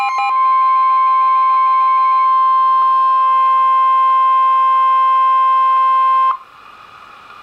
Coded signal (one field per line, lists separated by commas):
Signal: Emergency Alert System (SAME) tones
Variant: 1050 Hz attention tone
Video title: Severe Thunderstorm Warning (EAS #709)